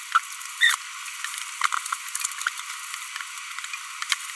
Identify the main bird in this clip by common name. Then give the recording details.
Green-rumped Parrotlet. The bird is a female. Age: 25 days. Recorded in a nest box in Venezuela. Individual 17B42B1